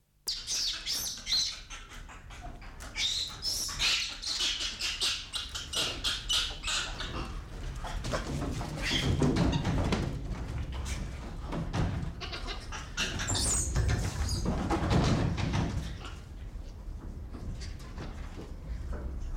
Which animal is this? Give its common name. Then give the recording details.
Barbary Macaque. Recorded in captivity. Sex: group. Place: Tiergarten Schönbrunn, AT. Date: 1990-08-30 19:34. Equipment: Marantz CP 430, Sennheiser ME 80, Kopie Uher Variocord. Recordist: Tembrock, Günter. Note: Diverse Laute in der Gruppe